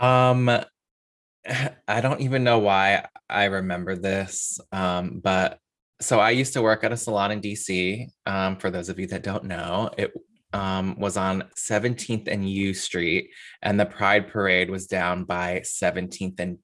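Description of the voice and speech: Adult low-pitched voice speaking casually with fillers and pauses; fluent, ordinary speech.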